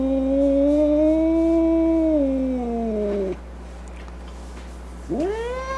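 Cat making a long, steady angry yowl that sinks in pitch and stops, followed after a short silence by a sharply rising, strained wail.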